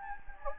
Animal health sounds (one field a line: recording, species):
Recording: mosquito wingbeat signal from an infrared sensor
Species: Anopheles gambiae